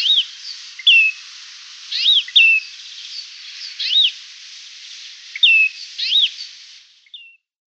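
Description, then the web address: Great grey shrike song: short varied phrases of sharp chirps and slurred whistles, delivered in bursts about once a second with brief pauses between. "Schulze Peter Great Grey Shrike song"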